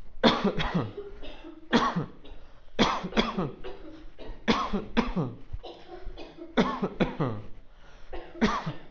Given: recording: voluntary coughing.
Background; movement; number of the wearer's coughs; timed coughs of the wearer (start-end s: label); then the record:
a bystander coughing; walking; 10
0.21-0.54 s: cough
0.54-0.88 s: cough
1.70-2.06 s: cough
2.76-3.10 s: cough
3.14-3.48 s: cough
4.45-4.87 s: cough
4.95-5.30 s: cough
6.55-6.93 s: cough
6.98-7.43 s: cough
8.40-8.76 s: cough
From the record:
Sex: male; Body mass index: 20.5 kg/m2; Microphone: on the chest, facing outward